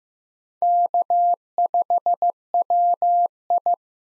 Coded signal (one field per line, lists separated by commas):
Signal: Morse code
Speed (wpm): 15 wpm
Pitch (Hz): 700 Hz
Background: none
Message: K5WI